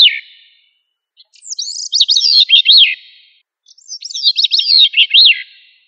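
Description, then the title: Thrush song: two clear, varied phrases of sweet whistled notes, rising and falling quickly, separated by a short pause, with no background noise. "Familia Turdidae - Sabia"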